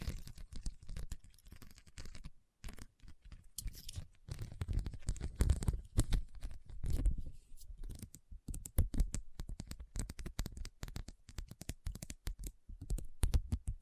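Rhinestones are tapped and scratched in dense, irregular bursts of sharp clicks over low rubbing, with brief pauses near two and eight seconds.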